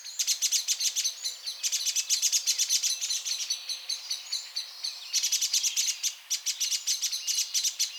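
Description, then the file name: Eurasian blackbird calling in quick, insistent series of sharp chinking notes, in a few runs with short gaps between. "Turdus merula"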